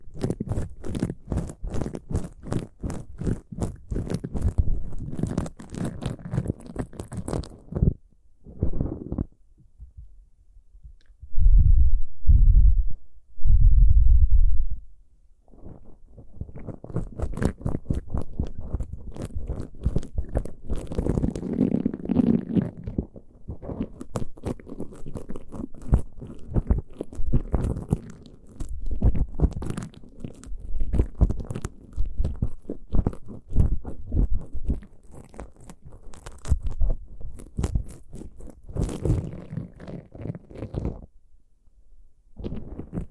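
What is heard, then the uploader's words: Ear picking with dense, rapid crackling and scratching that runs almost continuously, broken by brief pauses near 8 and 41 seconds. Between about 11 and 15 seconds, deep, muffled thumps pulse in a slow beat like a heartbeat before the scratching resumes. Pure ear picking, heartbeat simulation.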